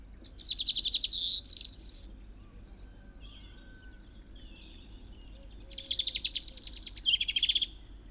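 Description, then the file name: European robin singing two dense bursts of rapid, rattling, high trills, separated by several seconds of soft background sound. "Erithacus rubecula"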